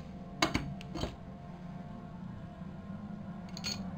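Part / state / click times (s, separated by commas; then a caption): needle bearing into manual transmission main case / seated / 0.4 s. A needle bearing is pressed into the warmed main case of a Tercel 4WD manual transmission. A sharp metallic hit at 0.4 s marks the bearing popping into place, followed by smaller clicks at about 0.6 and 0.8 s and another near 3.6 s over a low background hum. The bearing seats without any trouble.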